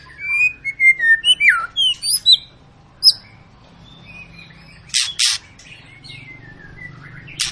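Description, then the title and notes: White-rumped shama whistling a quick series of clear slurred notes, then quieter faint phrases and a few sharp bursts over a low hum. Long lure song of a vigorously singing (gacor) shama, used to stimulate other birds to sing. "Pancingan Murai Batu Gacor Panjang. muraiku"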